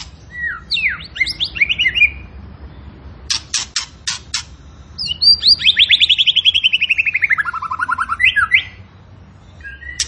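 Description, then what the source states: Tembakan bird song opening with quick zigzag chirps, then a few harsh rasps and a long rapid trill sliding downward in pitch. Energetic, full-voiced (gacor) singing used as a master training recording for cage birds.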